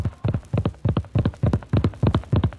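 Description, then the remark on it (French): A horse, ridden hard by Jacques Duparquet, gallops on the road to Dieppe in autumn 1635, its hooves striking in quick, steady three-beat clusters of sharp, hollow clops that repeat at an even pace. No voices are heard. “Sur la route de Dieppe, Jacques Duparquet force sa monture.”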